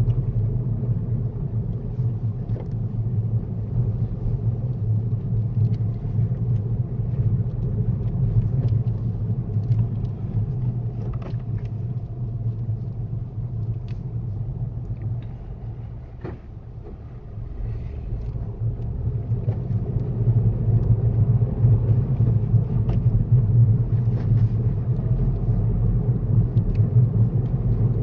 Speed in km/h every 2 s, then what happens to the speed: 19, 19, 18, 19, 16, 13, 11, 5, 10, 18, 23, 23, 26, 27.
0-7 steady at about 19. 7-13 slows to 5. 15-28 speeds up to 27.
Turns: none.